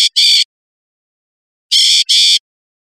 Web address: birdfinder LOSH